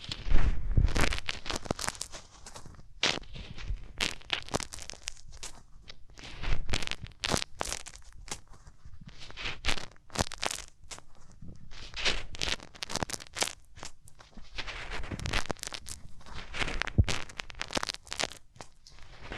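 Hands rub over the ears in dense, irregular crinkly bursts, rustling and scratching almost continuously with brief quieter gaps and no voice.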